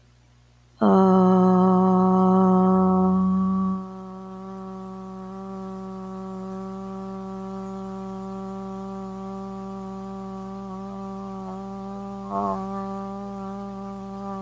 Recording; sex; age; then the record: vowel held as long as possible; female; 30 to 39 years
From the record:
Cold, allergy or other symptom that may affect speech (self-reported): no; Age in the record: 33 years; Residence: Nevada, United States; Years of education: 16